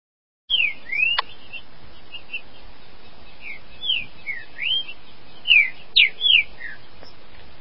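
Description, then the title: Green-winged saltator song: a series of rich whistled notes, some rising and some falling, grouped in short phrases, with a single sharp click early on. "Trinca Ferro"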